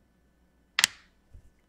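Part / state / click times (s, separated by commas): charger DC plug into laptop DC power jack / seated / 0.8 s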